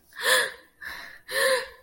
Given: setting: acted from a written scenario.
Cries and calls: vocal sound without words; distress

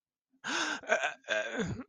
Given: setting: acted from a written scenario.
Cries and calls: vocal sound without words; embarrassment

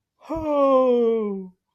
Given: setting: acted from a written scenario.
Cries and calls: vocal sound without words; positive surprise

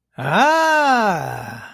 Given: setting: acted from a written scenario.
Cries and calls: vocal sound without words; positive surprise

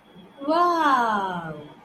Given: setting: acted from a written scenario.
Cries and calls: vocal sound without words; adoration

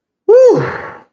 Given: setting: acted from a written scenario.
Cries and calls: vocal sound without words; ecstasy

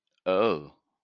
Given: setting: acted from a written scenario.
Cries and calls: vocal sound without words; shame

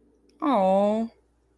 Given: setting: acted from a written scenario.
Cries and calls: vocal sound without words; adoration

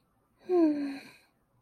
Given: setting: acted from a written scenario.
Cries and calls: vocal sound without words; contentment

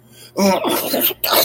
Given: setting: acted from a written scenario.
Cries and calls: vocal sound without words; disgust

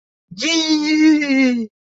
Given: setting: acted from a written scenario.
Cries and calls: vocal sound without words; elation

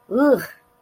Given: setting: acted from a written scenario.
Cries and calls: vocal sound without words; disgust

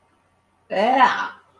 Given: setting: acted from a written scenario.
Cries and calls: vocal sound without words; disgust

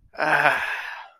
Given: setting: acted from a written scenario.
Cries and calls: vocal sound without words; ecstasy

